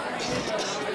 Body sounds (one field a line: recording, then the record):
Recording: coughing mixed with background sound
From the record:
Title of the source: November cold (wet coughing)